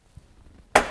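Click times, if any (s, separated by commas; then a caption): 0.8 s. The rip fence of a table saw is pushed onto its guide rail, and its locking lever snaps in with a sharp plastic-on-metal click at 0.8 s after a quiet lead-in. The fence is latched firmly enough that the saw could be lifted by it.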